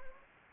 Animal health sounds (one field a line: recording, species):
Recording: mosquito wingbeat signal from an infrared sensor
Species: Anopheles gambiae